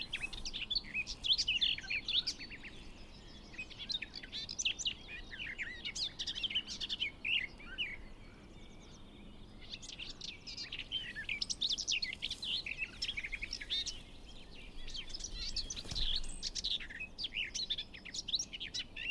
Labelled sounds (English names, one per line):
Garden Warbler song